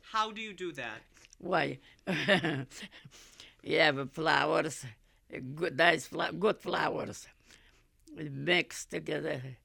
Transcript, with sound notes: How do you do that? ( she laughs )
You have flours. Good, nice, good flours. Mix together,